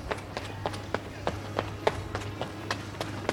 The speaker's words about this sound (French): Deux, bruit de pas, plusieurs. Trois, pas qui dépasse.